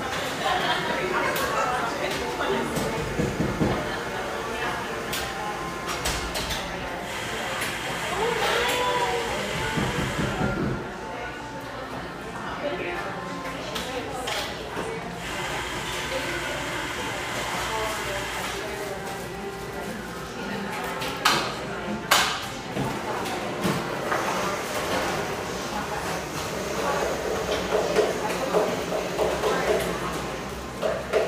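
A busy stretch of Portland's Pearl District, with voices talking throughout over a steady low hum. Sharp knocks and clatters cut through now and then, clustering around ten, fifteen and twenty-two seconds, while the overall level stays fairly constant.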